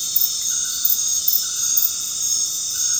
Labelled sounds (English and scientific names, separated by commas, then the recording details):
none
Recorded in dense forest near Puerto Asís, Putumayo, Colombia, on 8 March 2025 at 19:00
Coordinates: 0.486, -76.317
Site G053